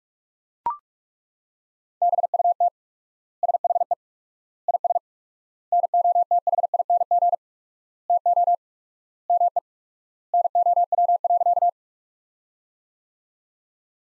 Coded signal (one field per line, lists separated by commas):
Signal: Morse code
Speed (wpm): 42 wpm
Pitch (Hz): 700 Hz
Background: none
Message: BUT SHE IS NOTHING TO ME NOW.